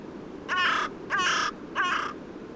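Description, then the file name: Carrion crow calling three rough, grating caws in quick succession, each caw strong and buzzy, separated by brief pauses. "Corvus corone"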